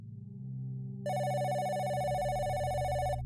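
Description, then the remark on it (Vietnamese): A telephone rings with a steady, bright electronic trill that starts abruptly about a second in over a low hum, continuing loudly and evenly to the end. “Có tiếng chuông điện thoại vang lên.”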